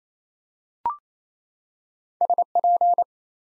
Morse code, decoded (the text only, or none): SP